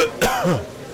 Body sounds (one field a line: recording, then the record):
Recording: coughing mixed with background sound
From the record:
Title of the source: Coughing 51